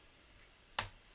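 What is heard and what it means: After a harder push, a plastic LEGO brick part pops into place on a LEGO Fiat 500 car model with a single sharp click at 0.8 s. The part is seated.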